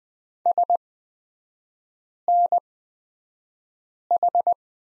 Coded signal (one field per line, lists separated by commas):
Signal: Morse code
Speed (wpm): 20 wpm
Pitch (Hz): 700 Hz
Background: none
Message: SNH